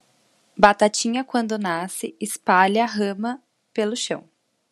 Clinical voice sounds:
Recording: short text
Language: Brazilian Portuguese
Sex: female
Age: 20 to 29 years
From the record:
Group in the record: control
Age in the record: 24 years

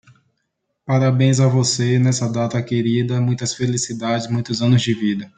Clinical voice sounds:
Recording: short text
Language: Brazilian Portuguese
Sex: male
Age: 20 to 29 years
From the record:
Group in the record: control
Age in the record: 25 years

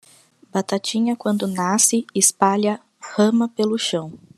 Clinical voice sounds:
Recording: short text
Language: Brazilian Portuguese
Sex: female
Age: 20 to 29 years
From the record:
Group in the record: control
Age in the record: 28 years

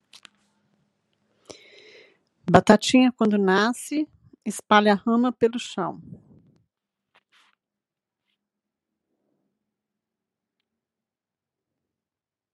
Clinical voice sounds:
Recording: short text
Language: Brazilian Portuguese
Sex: female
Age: 50 to 59 years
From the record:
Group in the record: control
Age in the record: 58 years

